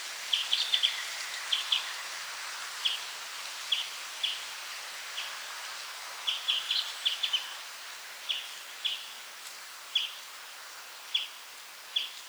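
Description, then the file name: European greenfinch calls, chirps in quick clusters and single notes, spaced unevenly, over a noisy outdoor background. "Chloris chloris 190325"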